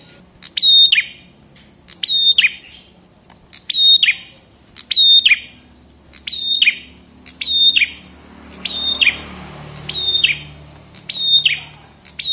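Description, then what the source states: Tailorbird song. Nine or so bright, shrill phrases come at an even pace, each a quick cluster of high notes sliding down into a buzz. A faint low hum and brief hiss sit underneath. Local name prenjak kepala merah; song used for training cage birds (masteran).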